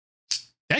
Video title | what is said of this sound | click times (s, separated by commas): The EDC Squirrel Live Stream - Unboxing and first impressions of knives I got in auction! | That came out quick and solid clicky. | 0.7 s